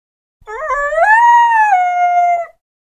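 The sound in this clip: Coyote giving a single drawn-out howl lasting about two seconds, wavering upward at the start, holding steady, then dropping slightly before ending; no other sounds.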